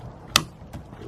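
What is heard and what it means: The EV charging connector from a portable power station's EV charger is plugged into the car's charging inlet and seats with a single sharp, loud click at 0.4 s. A fainter knock follows near 0.75 s against a low background hum.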